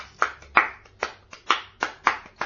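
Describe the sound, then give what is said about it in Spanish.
Dry, sharp wooden clicks of a stick tapping the wooden shell of a Uruguayan drum, playing the madera rhythm, about nine strikes in a steady pattern that alternates louder and softer hits, with no voices. “La madera del tambor de Uruguay es acá.”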